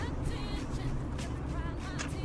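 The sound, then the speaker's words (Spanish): A car drives somewhat fast along an empty road with a steady, continuous low rumble of engine and road noise, holding an even loudness throughout with faint higher hiss above it. “Cuando vayas solo puedes ir como quieras, pero ahora voy yo en el coche.”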